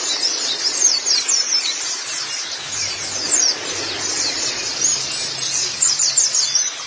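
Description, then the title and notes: White-eye song: thin, high twittering phrases, busy and continuous, with a faint low hum underneath. "Kicauan Burung Pleci Durasi Panjang. Suara kicauan burung pleci"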